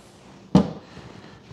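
A magnetic part of a Creality K1 Max 3D printer is brought up to a metal plate and snaps on with a single sharp clack at 0.5 s. It is now seated, magnetically attached because there is metal there. Low, quiet room noise surrounds the snap.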